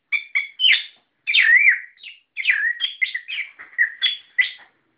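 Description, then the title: Bird song of chirps and a long wavering whistled slur, followed by rapid varied chirps and a few final notes. "SuaraBurung Kicau4"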